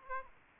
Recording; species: mosquito wingbeat signal from an infrared sensor; Aedes aegypti